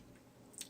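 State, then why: Seated. A small plastic part is pressed back onto the light-up rifle of a KitzConcept 1:72 VF-1S toy robot figure. A faint click is heard at 0.6 s over a low background hum, and the part snaps into place on one side.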